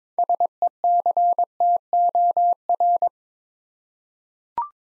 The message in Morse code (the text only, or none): SECTOR